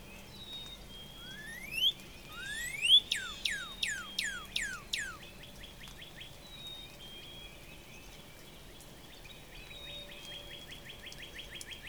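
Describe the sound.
Northern Cardinal song of two rising whistles and a quick series of several falling slurs, followed by a long, rapid, even series of short notes.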